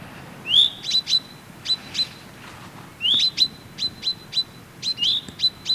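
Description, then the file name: Common chaffinch: a rising note followed by a series of short, clipped notes, heard a few times over a quiet background. "Fringilla coelebs"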